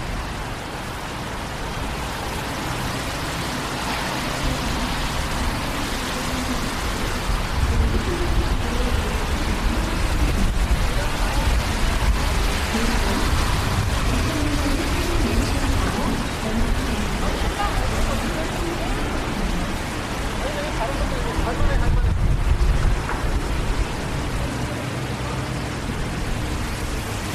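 A rainy downtown walk at night: steady hiss of rain and wet traffic noise throughout, with murmured voices and a brief dip near twenty-two seconds.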